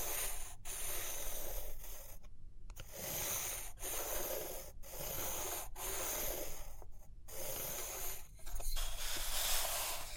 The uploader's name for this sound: Page Turning and Tapping, Writing, Drawing